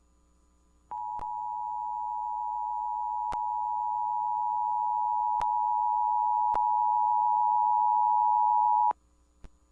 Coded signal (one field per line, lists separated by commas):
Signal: Emergency Alert System (SAME) tones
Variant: 853 and 960 Hz attention tone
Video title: (EAS #19) | Guam Required Monthly Test on KGUM-AM | 06/02/22